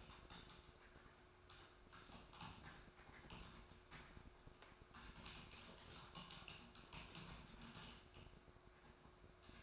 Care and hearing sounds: daily activity, microphone in the room; typing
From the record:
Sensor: 2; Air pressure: 1004.3 hPa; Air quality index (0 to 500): 188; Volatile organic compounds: 10 ppm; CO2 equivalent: 2250 ppm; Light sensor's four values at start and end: 4/11/4/4 and 4/11/4/4

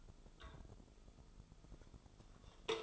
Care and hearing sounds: daily activity, microphone in the room; take from stove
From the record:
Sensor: 5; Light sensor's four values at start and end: 49/142/56/61 and 48/140/55/60

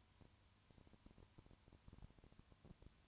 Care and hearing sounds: daily activity, microphone in the room; no activity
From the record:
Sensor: 2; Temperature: 20.3 degrees Celsius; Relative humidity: 35.6%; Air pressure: 1001.0 hPa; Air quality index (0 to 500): 197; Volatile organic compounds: 5 ppm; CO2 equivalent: 1736 ppm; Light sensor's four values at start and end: 2/3/2/2 and 2/3/2/2

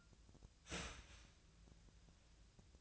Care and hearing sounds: daily activity, microphone in the room; start toaster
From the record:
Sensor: 2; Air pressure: 1009.2 hPa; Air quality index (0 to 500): 186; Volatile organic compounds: 11 ppm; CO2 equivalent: 2314 ppm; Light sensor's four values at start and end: 23/57/24/26 and 23/57/24/27

